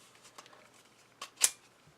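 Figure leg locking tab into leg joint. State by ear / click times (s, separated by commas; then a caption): seated / 1.4 s. The plastic locking tab on the leg of an MP-13 Soundwave transforming robot figure clicks into the leg joint as the leg is extended. Faint handling clicks come at about 0.4 s and a softer click at 1.2 s, then a sharp, loud click at 1.4 s. The leg is locked into its extended position.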